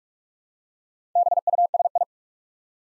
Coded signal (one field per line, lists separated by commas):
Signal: Morse code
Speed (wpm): 44 wpm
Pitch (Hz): 700 Hz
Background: none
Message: BUSI